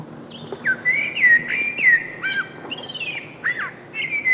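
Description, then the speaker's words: Common Blackbird song: rich, fluting whistled phrases sliding downward, varied and irregular, with higher squeaky twitters tacked onto several phrases. Spring singer of southernmost Finland; many winter there in mild winters and begin singing on warm sunny March days, rather evenings; a dusk singer like most thrushes. "Tai pikemminkin iltoina, sillä mustarastas on tuollainen hämärän laulaja, kuten useimmat rastaat."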